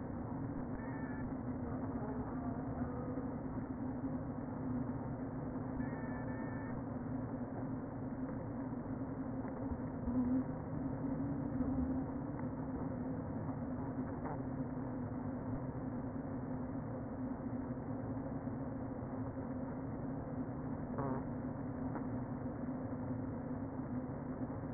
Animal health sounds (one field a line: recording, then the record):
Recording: honeybee colony, microphone inside the hive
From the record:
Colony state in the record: queen present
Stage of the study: before two queens were removed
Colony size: about 60,000 bees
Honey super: yes